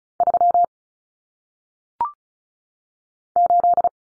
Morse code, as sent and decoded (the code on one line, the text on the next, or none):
...-- / ---..
3 8